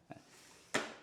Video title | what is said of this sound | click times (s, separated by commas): I tried them all - PUSH CART COMPARISONS | and then locks into place. | 0.8 s